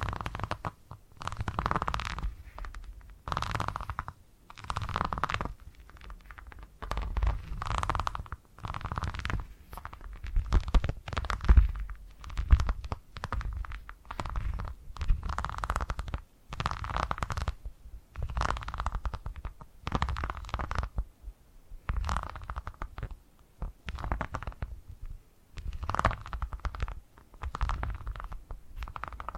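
A purring sound comes in steady, rhythmic bursts, each lasting about a second or two and separated by brief pauses, like inhale and exhale cycles. The purr has a deep, rumbly low end with a softer buzzing tone above it, repeating evenly throughout.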